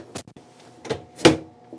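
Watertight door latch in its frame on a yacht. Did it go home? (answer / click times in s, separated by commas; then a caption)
yes / 1.2 s. A pantograph-style watertight door on an Endurance E658 65-foot motor yacht is swung closed in its frame. A few soft knocks lead up to the latch engaging with a sharp metallic thud at 1.3 s, followed by a faint tap. The door is latched shut and locked in place.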